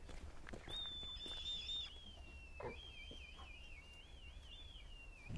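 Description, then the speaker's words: Red kite whistling call: a long, high, drawn-out whistle sliding gently down, then a wavering, quavering whistle falling away, over a low steady rumble. Wild red kites gathering at the Bellymack Hill Farm feeding station, Galloway, south west Scotland, in spring, 15-20 minutes before the feed, calling to contact each other; the whistling draws more kites in. "That whistling call is attracting yet more red kites in, which just goes to show you how social these birds are."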